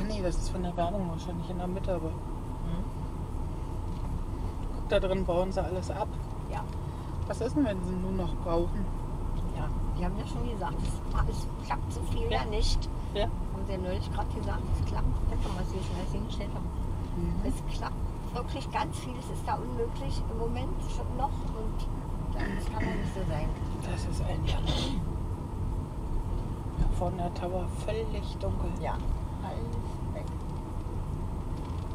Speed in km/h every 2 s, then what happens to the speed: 18, 18, 16, 17, 16, 19, 20, 19, 18, 16, 17, 19, 19, 20, 19, 18.
0-32 steady at about 18.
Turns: none.